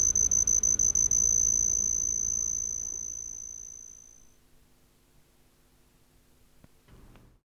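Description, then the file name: Homoeoxipha lycoides cricket song: a thin, very high, pure-toned trill held steadily, briefly chopped by quick gaps at the start, then fading out midway and leaving near silence with low rumble. "Homoeoxipha lycoides"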